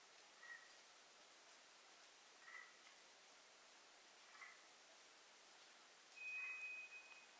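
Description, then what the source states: White's thrush song: a sustained, level whistled note near the end, preceded by three soft, faint notes spaced about two seconds apart, over steady background hiss. Recorded 2 July 2007.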